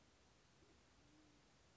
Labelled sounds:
Band-tailed Pigeon
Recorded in Sonoma County, California

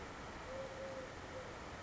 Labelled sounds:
Eurasian Collared Dove
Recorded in Sonoma County, California

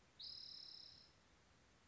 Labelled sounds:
Spotted Towhee
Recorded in Sonoma County, California

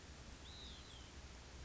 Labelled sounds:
Hutton's Vireo
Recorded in Sonoma County, California

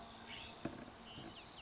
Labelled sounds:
California Scrub-Jay
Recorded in Sonoma County, California

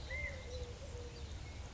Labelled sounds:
Eurasian Collared Dove
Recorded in Sonoma County, California

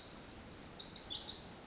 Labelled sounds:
Pacific Wren
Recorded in Sonoma County, California

